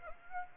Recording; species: mosquito wingbeat signal from an infrared sensor; Aedes aegypti